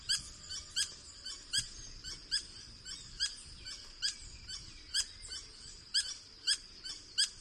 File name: Golosa ptic - Serogrudyj solnechnyj kolibri Phaethornis guy